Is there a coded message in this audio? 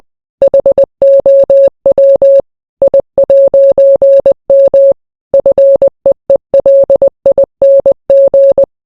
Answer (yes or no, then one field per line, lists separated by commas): yes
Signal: Morse code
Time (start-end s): 0.4-8.6 s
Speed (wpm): 20 wpm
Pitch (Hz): 550 Hz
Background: none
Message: HOW I'M FEELING